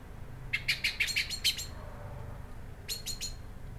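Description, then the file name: Common blackbird uttering a short burst of rapid, sharp chinking notes, then a brief second burst after a pause, with low rumble behind. "Turdus merula"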